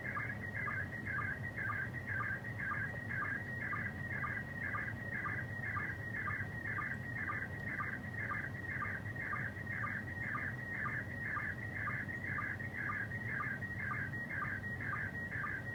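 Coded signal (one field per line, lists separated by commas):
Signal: SSTV (slow-scan television)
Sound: warbling high tones with a steady rhythmic chirp about twice per second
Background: radio static hum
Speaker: all those tones is basically one uh line of data hence the slow scan television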